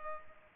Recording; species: mosquito wingbeat signal from an infrared sensor; Culex pipiens